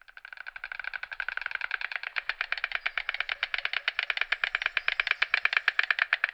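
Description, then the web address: White storks clattering bills in a rapid, even series of hard wooden clicks that builds slightly in loudness throughout. "Sony Creative Software Sony Pictures Sound Effects Series Volumes 1-10 Volume 1 Animals White Storks Clicking"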